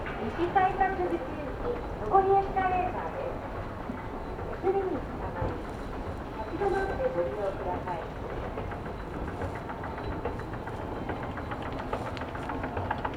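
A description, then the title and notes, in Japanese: A ride on the Meitetsu Toyota Line, with a steady, dense rolling rumble of the train throughout. A voice speaks in short bursts during the first few seconds and again around the seventh, while faint clicks and rattles recur over the constant low roar. 名古屋鉄道 豊田線 猿投→梅坪→赤池。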